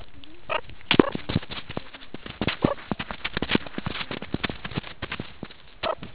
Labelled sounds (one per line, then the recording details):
meerkat close call
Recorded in the Kuruman River Reserve, South Africa
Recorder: an audio tag on a meerkat's collar